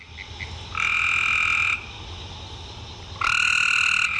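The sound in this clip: Frog calling with two long, loud, steady tonal croaks separated by a brief pause, preceded by two faint short notes.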